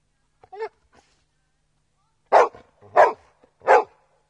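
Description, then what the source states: Dog barking: a soft short bark and faint sounds first, then after a pause three loud barks spaced under a second apart. A big dog.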